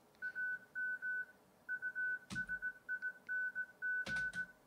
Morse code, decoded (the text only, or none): AM USING